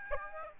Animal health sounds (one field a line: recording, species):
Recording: mosquito wingbeat signal from an infrared sensor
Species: Aedes albopictus